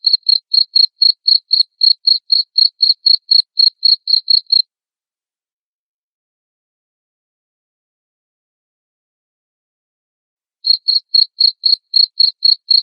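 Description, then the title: Cricket chirping, a run of quick high pulses for several seconds, then a long silence, then the chirping resumes. Loud cricket chirping played to make lovebirds sing continuously. "Suara JANGKRIK NGERIK Keras Bikin LOVEBIRD Jadi NGEKEK Terus Vubey"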